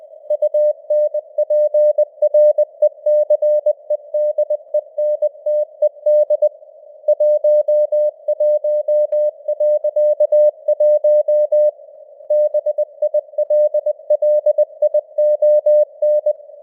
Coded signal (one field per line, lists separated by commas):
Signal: Morse code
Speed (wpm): 20 wpm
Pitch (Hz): 600 Hz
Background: none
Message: UNPRECEDENTED 11.1 BILLION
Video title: Morse Code News | 2025-12-18 | 20wpm